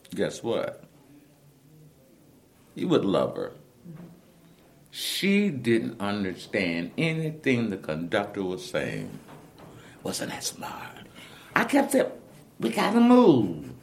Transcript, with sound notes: guess what?–You would love her–she didn’t understand anything the conductor was saying… (whispers) Wasn’t that smart?… I kept saying, ‘we got to move’.